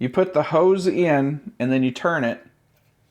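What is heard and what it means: An air hose connector with two notches is being fitted into the outlet of a Lasfit battery-powered 150 psi portable air compressor, meant to be inserted and twisted until it clicks to show it is connected properly. Someone talks throughout, and only a faint tick is heard near 3.1 s before the clip ends. The connector is handled but has not seated or clicked yet.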